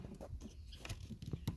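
The folding handle lock on a Ryobi 40V push lawn mower is worked again by hand and is stiff to move. Short scraping and rattling handling noises are broken by brief sharp ticks near 0.9 s and 1.5 s. The lock has not yet engaged; nothing has clicked into place by the end of the clip.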